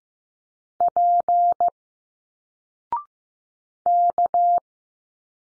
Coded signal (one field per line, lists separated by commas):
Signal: Morse code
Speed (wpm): 15 wpm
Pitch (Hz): 700 Hz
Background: none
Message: P K